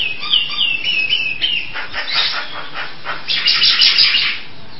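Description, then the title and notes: Nias hill myna song: several clear whistled notes stepping downward, followed by harsh, grating bursts and a louder raspy phrase near the end. "Jalak Nias. Kicau Burung Jalak"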